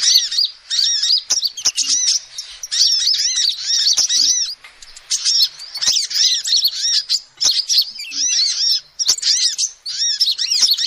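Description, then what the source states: Shrill lovebird chatter: bursts of rapid arched squeaks broken by brief gaps, punctuated by sharp clicking taps. Recording used as a lure to trap birds.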